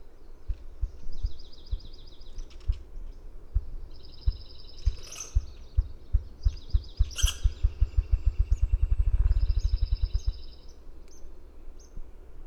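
Grouse drumming: deep low thumps that speed up steadily into a rapid roll before fading, while other birds sing repeated high trills in the background.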